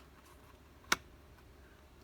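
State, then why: Seated. A paper file folder flap with a magnetic closure is shut again after more paper layers have been added over the magnets. It makes a single short, faint click at 0.9 s instead of a snap, against quiet background hiss. The magnetic closure still clicks shut, but it is weaker with the extra layers.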